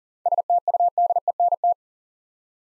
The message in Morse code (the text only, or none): STUDENT